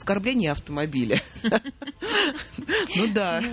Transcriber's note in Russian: Смеются